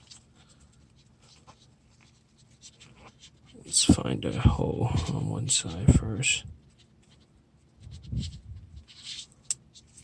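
Someone fits a strap onto a Luminox 3051BO SET Navy SEAL Colormark watch case, talking while pushing the watch strap's spring bar pin toward the lug hole. A sharp snap at 9.5 s is the pin going into the lug hole. It does not stay, so the pin is only partly seated.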